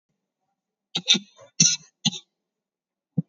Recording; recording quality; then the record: heavy voluntary cough; excellent, no background noise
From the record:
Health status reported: COVID-19 positive, mild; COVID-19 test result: positive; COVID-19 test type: RT-PCR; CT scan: taken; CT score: 2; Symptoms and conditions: sore throat, fever, diabetes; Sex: female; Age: 70 years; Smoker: no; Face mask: worn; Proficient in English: yes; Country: India